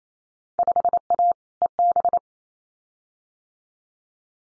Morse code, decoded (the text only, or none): 5A EB